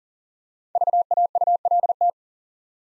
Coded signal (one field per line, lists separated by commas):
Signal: Morse code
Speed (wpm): 42 wpm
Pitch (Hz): 700 Hz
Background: none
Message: VAULT